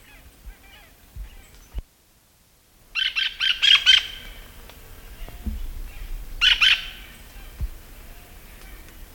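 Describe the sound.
Hispaniolan parakeet calling with a rapid series of harsh, rasping screeches, then a shorter second burst a few seconds later.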